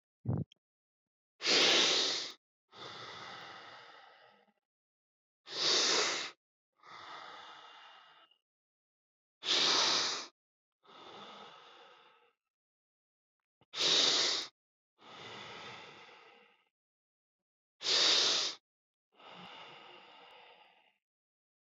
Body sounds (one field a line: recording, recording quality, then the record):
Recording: deep breathing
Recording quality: excellent, no background noise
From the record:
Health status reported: COVID-19 positive, mild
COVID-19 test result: positive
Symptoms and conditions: cold, fatigue, loss of smell and taste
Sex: male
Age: 34 years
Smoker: yes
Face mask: not worn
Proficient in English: yes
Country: India